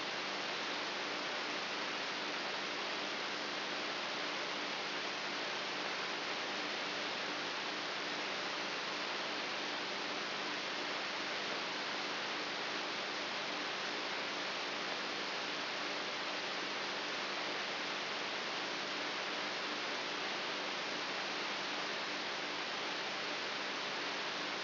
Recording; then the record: brain microelectrode recording played as sound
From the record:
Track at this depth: inside the subthalamic nucleus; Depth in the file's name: 3.84 mm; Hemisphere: right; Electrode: 3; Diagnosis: Parkinson's disease